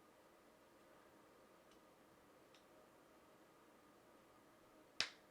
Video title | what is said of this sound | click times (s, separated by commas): Poetic Revolution Case Review OnePlus 15 - Military Grade Drop Test Protection & Screen Protector | It snaps right into place. | 5.0 s